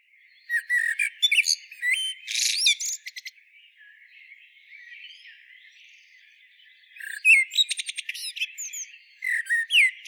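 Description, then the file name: Eurasian blackbird song: phrases of whistled notes mixed with scratchy, high-pitched twittering, with a lull between them. "Turdus merula"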